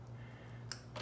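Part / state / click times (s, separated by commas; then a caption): wiring connector into lawn tractor harness socket / seated / 0.7 s. A plastic wiring connector is pressed into the harness socket of a John Deere X350 lawn tractor during a reverse button delete. A steady low hum runs underneath, and a single sharp click is heard at 0.7 s as the connector snaps in and seats.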